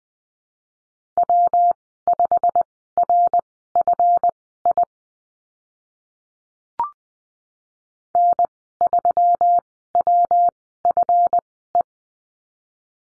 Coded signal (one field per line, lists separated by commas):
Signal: Morse code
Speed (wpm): 20 wpm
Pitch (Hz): 700 Hz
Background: none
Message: W5RFI N3WFE